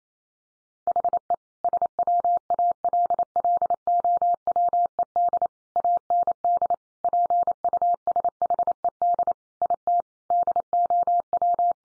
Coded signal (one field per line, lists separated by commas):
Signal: Morse code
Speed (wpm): 28 wpm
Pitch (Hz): 700 Hz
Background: none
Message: HE SWALLOWED AND PUSHED IT DOW